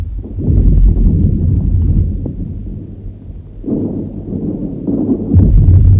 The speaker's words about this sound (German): Dieser Kanonendonner.